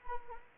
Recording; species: mosquito wingbeat signal from an infrared sensor; Anopheles arabiensis